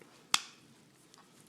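A plastic back cover is hooked in on one side of a Honda Accord key remote case, then flipped down and pressed closed. It gives one sharp snap at 0.3 s that rings briefly into the high frequencies before fading, and a faint tick follows around 1.1 s. The cover seats shut on the remote.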